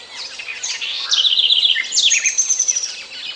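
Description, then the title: Grey-headed spinetail call, high thin rapid trills and chatters in two bursts, with overlapping chirps from other birds. "LuckyPassaro Completos2Sama. Grey-headed Spinetail (Cranioleuca semicinerea)"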